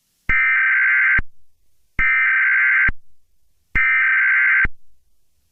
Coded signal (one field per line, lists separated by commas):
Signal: Emergency Alert System (SAME) tones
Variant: header bursts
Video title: Just a Normal Mini EAS Scenario